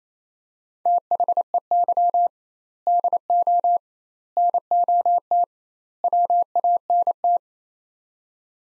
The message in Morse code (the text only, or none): THEY DO NOT WANT